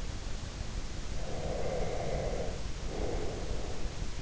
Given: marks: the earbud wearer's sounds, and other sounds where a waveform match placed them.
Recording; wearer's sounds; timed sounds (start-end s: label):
sounds in sleep by an in-ear microphone; breath
1.20-3.86 s: breath